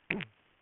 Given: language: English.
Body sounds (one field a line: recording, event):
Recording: throat vibration sensor signal played as sound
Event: throat clearing